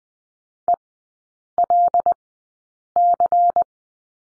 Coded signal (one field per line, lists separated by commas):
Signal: Morse code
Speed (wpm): 20 wpm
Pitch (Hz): 700 Hz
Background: none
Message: ELC